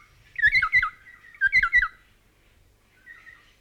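North Island kaka singing two bursts of liquid, bouncing whistled notes with a flutey, yodelling quality, followed by a softer whistled phrase near the end.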